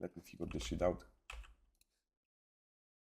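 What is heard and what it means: Someone talks while trying to fit an unfamiliar, possibly fisheye, camera lens onto a camera body mount, expecting it to click in. A few short, soft knocks from fumbling at the mount follow around 1.3, 1.5 and 1.8 seconds. The lens has not seated or clicked onto the mount.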